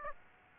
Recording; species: mosquito wingbeat signal from an infrared sensor; Aedes aegypti